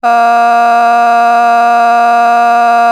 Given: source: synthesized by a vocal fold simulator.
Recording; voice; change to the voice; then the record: sustained vowel; female; a random mix of aspiration noise, stiffness perturbation and strain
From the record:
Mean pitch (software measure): 235 Hz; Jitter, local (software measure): 0.69%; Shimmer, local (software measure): 3.7%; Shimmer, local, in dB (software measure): 0.32 dB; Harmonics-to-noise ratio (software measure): 22.1 dB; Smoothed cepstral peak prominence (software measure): 19.8 dB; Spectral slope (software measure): -17.9 dB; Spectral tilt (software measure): -8.1 dB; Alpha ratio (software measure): -8.4 dB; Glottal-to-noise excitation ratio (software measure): 0.982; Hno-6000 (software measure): 1.9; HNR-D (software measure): 41.0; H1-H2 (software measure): -1.1 dB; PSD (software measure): 3.7e-05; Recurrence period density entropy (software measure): 0.118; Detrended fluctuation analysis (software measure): 0.0106